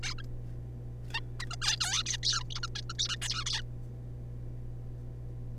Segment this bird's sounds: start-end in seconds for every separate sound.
0.03-0.14, 0.18-0.22, 1.10-1.20, 1.40-1.45, 1.50-1.56, 1.62-1.76, 1.76-1.79, 1.81-2.03, 2.04-2.05, 2.06-2.17, 2.23-2.43, 2.50-2.60, 2.63-2.67, 2.75-2.81, 2.90-2.93, 2.99-3.08, 3.09-3.16, 3.22-3.44, 3.46-3.62